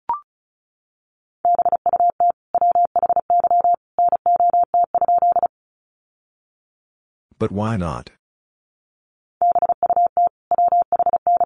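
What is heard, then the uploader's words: Morse code beeps out in a steady mid-pitched tone, short dots and longer dashes in tight groups for about four seconds. After a pause comes a brief rough, sweeping sound, then the beeping resumes near the end. Sentences from Top 600 Words 35wpm. First, the words are sent in Morse code. Then it is spoken.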